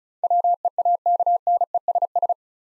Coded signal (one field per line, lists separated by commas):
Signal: Morse code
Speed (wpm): 36 wpm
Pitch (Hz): 700 Hz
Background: none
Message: WEAKNESS